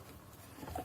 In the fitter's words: that one did not click but no problem okay you just want to